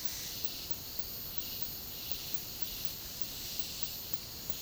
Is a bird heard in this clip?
no